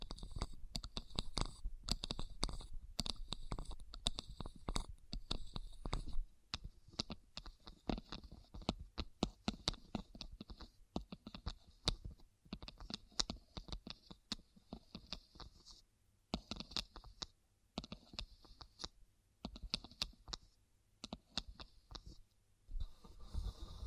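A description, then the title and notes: ASMR trigger sounds: a dense run of quick tapping and clicking, much like typing on a keyboard, with sharp irregular hits throughout. A bright, airy hiss runs steadily underneath, dropping out in brief gaps near the middle and end. ASMR 100+ Hypnotizing Triggers.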